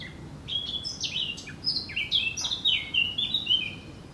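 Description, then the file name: Eurasian blackcap singing a continuous rapid warble of sliding, fluty whistles that grows louder and clearer toward the end of the phrase. "Sylvia atricapilla"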